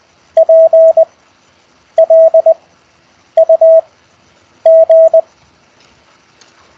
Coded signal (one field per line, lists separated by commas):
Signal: Morse code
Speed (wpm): 20 wpm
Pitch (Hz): 650 Hz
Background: none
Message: PLUG